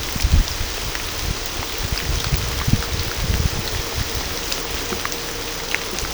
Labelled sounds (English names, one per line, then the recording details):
none
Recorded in pastures near Puerto Asís, Putumayo, Colombia, on 18 December 2024 at 23:00
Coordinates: 0.497, -76.327
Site G088